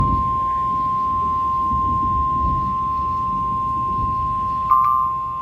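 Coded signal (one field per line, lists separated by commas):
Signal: Emergency Alert System (SAME) tones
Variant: 1050 Hz attention tone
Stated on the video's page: NOAA weather radio on 162.425 MHz, transmitter in Janesville, Wisconsin, tornado warning.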